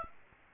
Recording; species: mosquito wingbeat signal from an infrared sensor; Aedes aegypti